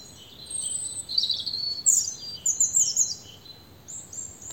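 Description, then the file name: European robin song, high thin warbles and bright, glittering note clusters in quick bursts, with a short pause before a final high phrase. "Erithacus rubecula"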